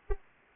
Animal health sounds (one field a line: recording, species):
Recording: mosquito wingbeat signal from an infrared sensor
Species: Anopheles arabiensis